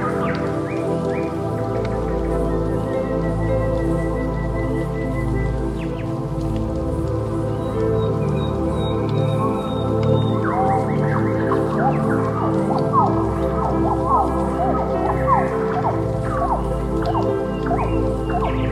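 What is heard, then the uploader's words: Birds call over a rainforest bed with steady music underneath: sustained low tones and layered chords hold throughout at an even level. Short bright chirps and whistles scatter across the clip, growing busier and more rapid after about ten seconds. Ambient Music Rainforest Sounds Birds.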